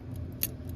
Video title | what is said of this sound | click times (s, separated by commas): Westclox Spur Style 1 Service (Part 5) FINAL | until you hear that click | 0.4 s